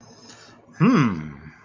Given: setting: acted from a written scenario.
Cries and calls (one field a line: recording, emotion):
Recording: vocal sound without words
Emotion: pride